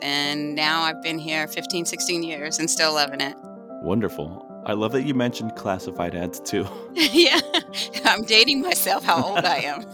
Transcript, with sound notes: And now I’ve been here 15, 16 years – and still loving it.
Wonderful. I love that you mentioned classified ads, too.
[Laughter] Yeah, I’m dating myself, how old I am.